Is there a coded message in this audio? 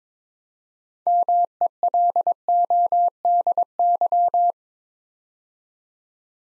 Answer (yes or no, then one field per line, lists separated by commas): yes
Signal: Morse code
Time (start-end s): 1.1-4.5 s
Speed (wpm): 22 wpm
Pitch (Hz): 700 Hz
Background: none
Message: MELODY